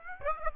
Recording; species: mosquito wingbeat signal from an infrared sensor; Aedes aegypti